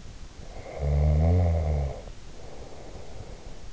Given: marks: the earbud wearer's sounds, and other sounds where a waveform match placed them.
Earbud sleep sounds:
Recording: sounds in sleep by an in-ear microphone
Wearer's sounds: snoring breath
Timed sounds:
0.46-3.67 s: snoring breath

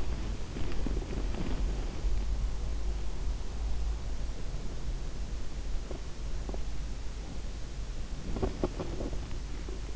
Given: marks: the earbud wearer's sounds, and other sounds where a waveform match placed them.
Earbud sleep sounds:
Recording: sounds in sleep by an in-ear microphone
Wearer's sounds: body movement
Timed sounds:
0.00-2.46 s: body movement
8.08-9.44 s: body movement

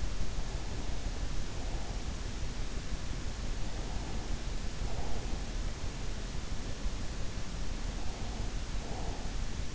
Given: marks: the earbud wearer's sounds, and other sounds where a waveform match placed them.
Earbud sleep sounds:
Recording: sounds in sleep by an in-ear microphone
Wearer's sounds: breath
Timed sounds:
3.84-5.55 s: breath
7.87-9.75 s: breath

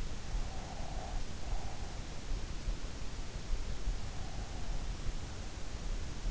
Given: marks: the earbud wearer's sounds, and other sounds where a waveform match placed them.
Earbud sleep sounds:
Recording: sounds in sleep by an in-ear microphone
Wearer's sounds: breath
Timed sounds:
0.27-1.91 s: breath

